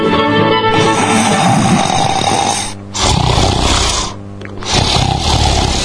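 Loud, rasping snores roll out in long drawn breaths, about three of them, each separated by a brief quiet gap, with no talking over them.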